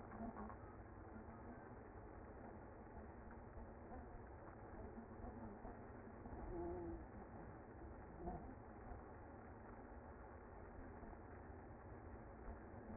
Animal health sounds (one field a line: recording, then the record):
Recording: honeybee colony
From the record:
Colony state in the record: active